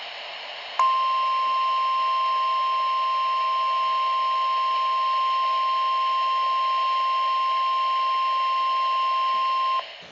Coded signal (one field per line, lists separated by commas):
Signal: Emergency Alert System (SAME) tones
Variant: 1050 Hz attention tone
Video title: EAS Tornado Warning Charleston, SC 05/20/2020 EAS#47